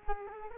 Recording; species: mosquito wingbeat signal from an infrared sensor; Culex quinquefasciatus